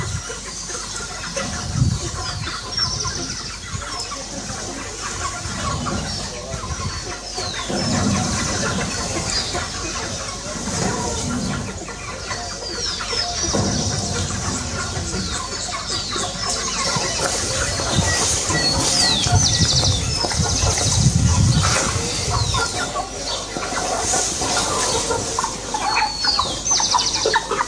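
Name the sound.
chickens clucking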